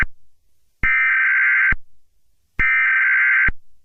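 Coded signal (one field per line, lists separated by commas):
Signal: Emergency Alert System (SAME) tones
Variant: header bursts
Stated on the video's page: Mock, non-real EAS broadcast for entertainment, possibly with valid EAS tones, using fandub audio.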